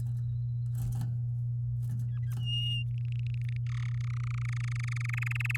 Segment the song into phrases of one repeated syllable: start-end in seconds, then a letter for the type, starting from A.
2.08-2.34 A, 2.39-2.84 B, 2.91-3.57 C, 3.66-3.89 D, 3.91-5.57 E